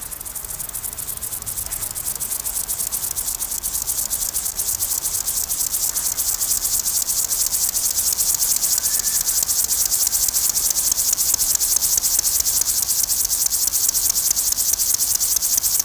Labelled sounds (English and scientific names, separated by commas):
Upland Field Grasshopper (Chorthippus apricarius) stridulation